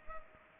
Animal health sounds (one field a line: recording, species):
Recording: mosquito wingbeat signal from an infrared sensor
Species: Culex pipiens